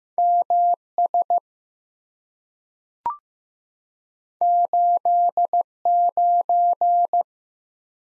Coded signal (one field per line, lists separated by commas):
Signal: Morse code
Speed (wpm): 15 wpm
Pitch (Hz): 700 Hz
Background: none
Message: MS 89